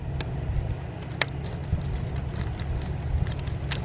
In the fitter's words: so you want to make sure you push it in until you hear that click there it is just